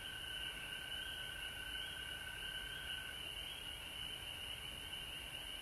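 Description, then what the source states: Frogs calling in a steady, dense chorus, a continuous high shimmering drone with no clear breaks. Recorded at home in Georgia on March 19, 2020.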